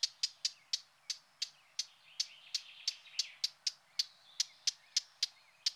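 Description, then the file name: Eurasian blackcap giving hard, clicking tac calls, repeated rapidly throughout, each a sharp dry tick. "Fauvette-à-tête-noire"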